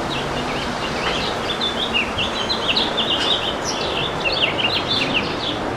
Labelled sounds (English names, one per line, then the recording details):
House Finch song
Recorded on Long Island, New York, on 11 June 2012
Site OP
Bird C